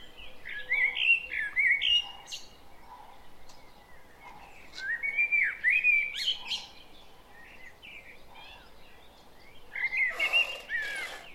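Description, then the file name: Common blackbird singing several mellow, warbled phrases with brief high squeaky notes between them, and a sharp rustling burst near the end. "Turdus merula"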